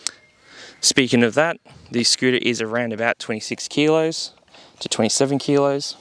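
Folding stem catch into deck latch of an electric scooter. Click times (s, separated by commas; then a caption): 0.1 s. The folded stem catch of a 2025 Dragon Eagle electric scooter is pushed down into the latch on the deck, giving one sharp click at 0.1 s as it locks into place. Someone then talks for the rest of the clip.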